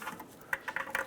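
On a 2012-2020 Ford Focus, the horn wiring harness's plastic retaining clip is pushed back onto its metal bracket with light scraping and tapping. Sharp snaps ring out at 0.5, 0.8 and 1.0 seconds as the clip seats on the bracket.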